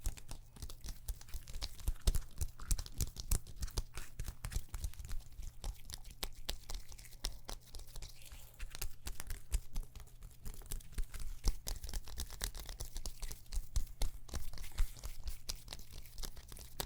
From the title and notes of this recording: ASMR Relaxing Neck & Shoulders MASSAGE (No Talking) Layered Sounds.